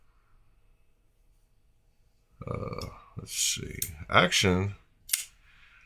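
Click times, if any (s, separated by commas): 5.1 s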